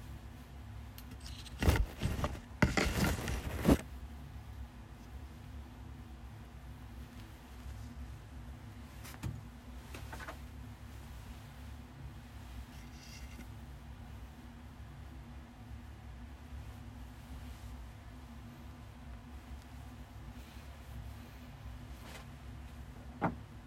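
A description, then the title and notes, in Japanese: Clothes being folded and stacked away while tidying up. A burst of rustling and soft thumps comes in the first few seconds, then it goes mostly quiet over a steady low hum, with a faint handling sound near ten seconds and a sharp tap at the end. 掃除と片付け。洋服をたたむ、重ねてしまう。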